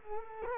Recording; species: mosquito wingbeat signal from an infrared sensor; Culex quinquefasciatus